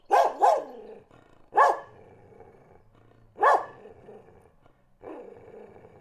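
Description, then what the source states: Dog gives a quick double bark, then single barks with pauses between, the last one softer. Dog barking in Listvyanka.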